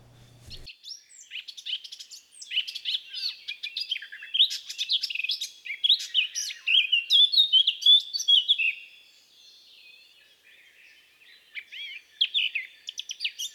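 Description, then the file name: Eurasian blackcap giving a long, fast warbled song of mixed chattering and fluting notes, pausing briefly before a fresh burst. "baratposzata"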